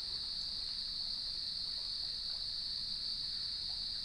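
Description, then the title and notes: Steady cricket chorus, a bright sustained high trill that never breaks. Evening chorus at sunset on the beach of Lighthouse West Natural Area, Leelanau Peninsula, beside gnarled cedar trees, with waves in the background. "Sounds of Leelanau Peninsula: Lighthouse West Natural Area. As I approached the beach, the sun was just setting, and the crickets made themselves known. Nature is my Jam"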